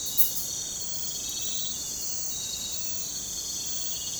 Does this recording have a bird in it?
no